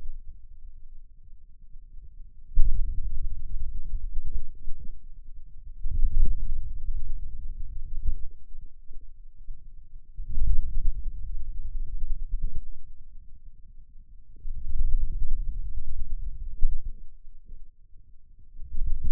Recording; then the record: forearm muscle sounds (acoustic myography)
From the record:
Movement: wrist extension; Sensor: system 2, bracelet of six BSWA MPA416 microphones around the upper forearm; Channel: 2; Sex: male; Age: 22 years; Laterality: right